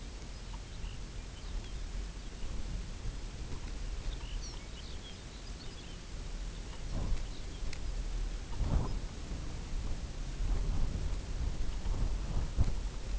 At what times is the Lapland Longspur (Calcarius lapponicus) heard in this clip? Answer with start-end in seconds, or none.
0.10-2.58, 3.88-6.01, 6.39-7.74, 8.80-8.99